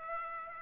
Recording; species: mosquito wingbeat signal from an infrared sensor; Aedes aegypti